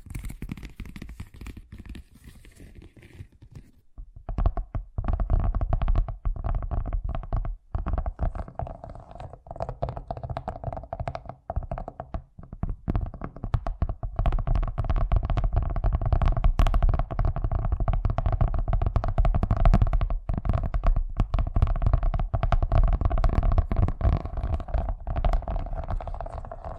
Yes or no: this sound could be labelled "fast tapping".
yes